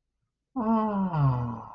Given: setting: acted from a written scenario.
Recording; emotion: vocal sound without words; serenity